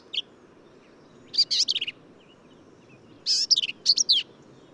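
Black-capped vireo: a single short note, then two rapid chattering phrases of high, slurred and buzzy notes.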